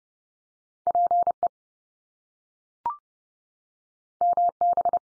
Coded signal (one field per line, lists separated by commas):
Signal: Morse code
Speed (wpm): 30 wpm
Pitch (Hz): 700 Hz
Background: none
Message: PE MB